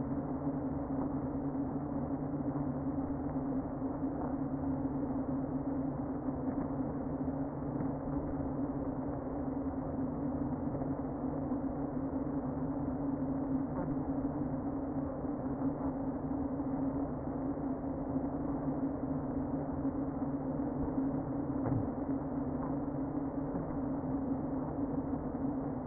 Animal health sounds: honeybee colony, microphone inside the hive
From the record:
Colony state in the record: queen present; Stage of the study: before two queens were removed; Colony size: about 60,000 bees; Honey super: yes

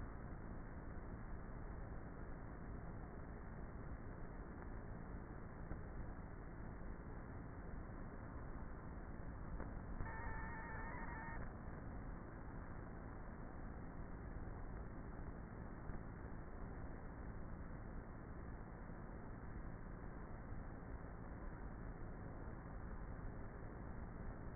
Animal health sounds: honeybee colony, microphone inside the hive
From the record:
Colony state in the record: queenless with a low population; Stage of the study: before two queens were removed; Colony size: about 30,000 bees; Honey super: no

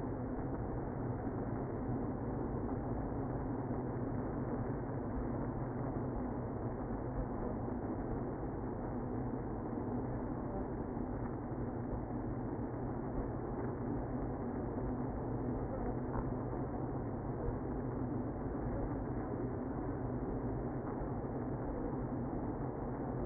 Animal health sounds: honeybee colony, microphone inside the hive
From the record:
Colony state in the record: queenless (queen removed); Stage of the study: after two queens were removed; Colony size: about 60,000 bees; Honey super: yes

